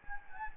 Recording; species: mosquito wingbeat signal from an infrared sensor; Anopheles gambiae